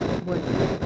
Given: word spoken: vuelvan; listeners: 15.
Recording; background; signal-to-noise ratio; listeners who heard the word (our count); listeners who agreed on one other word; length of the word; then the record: one Spanish word in noise, from a listening test; noise modulated by three-talker babble; -6.2 dB; 0 of 15; 6 of 15; 0.46 s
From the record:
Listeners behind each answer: 6, 3, 3, 1, 1, 1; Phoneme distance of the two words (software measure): 28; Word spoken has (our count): 2 syllables, 7 phonemes, stress on syllable 1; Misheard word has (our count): 2 syllables, 5 phonemes, stress on syllable 1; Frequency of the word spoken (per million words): 5.61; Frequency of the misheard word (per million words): 178.65